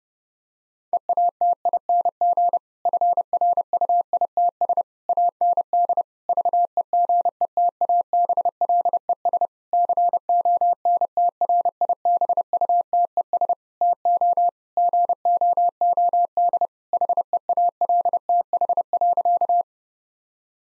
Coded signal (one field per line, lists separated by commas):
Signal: Morse code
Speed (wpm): 32 wpm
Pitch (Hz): 700 Hz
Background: none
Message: EATING FRUITS AND VEGETABLES CONTRIBUTES TO GOOD HEALTH.